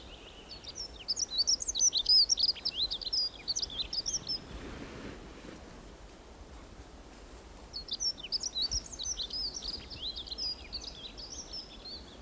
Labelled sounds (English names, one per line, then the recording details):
Dunnock song
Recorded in the wild
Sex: male
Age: adult
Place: Halbinsel Kindo, Karelien, RU
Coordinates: 66.5517, 33.0889
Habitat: taiga
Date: 1996-06-21
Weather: sunny, 12-15°C
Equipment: Sony WM-D6C, Sennheiser MKH 70, Popschutz
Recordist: Frommolt, Karl-Heinz